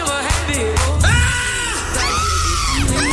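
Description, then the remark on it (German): Several women shriek and whoop together in excited bursts at a club party in Aachen, over a loud, steady low thump, with rising and falling cries overlapping throughout. “Die Weiber drehen am Rad, die Weiber drehen am Rad. Und dann hört sich das so an.”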